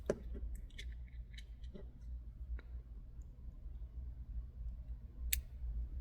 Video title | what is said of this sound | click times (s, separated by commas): Sig P238/938 Slide Stop Falls Out FIX! | That little click right there. | 5.3 s